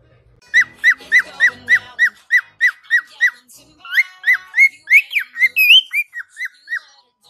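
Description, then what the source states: Cockatiel whistling: a quick, even series of short whistled notes, a brief pause, then more notes with some higher, twisting whistles mixed in. Several cockatiels singing, whistling song.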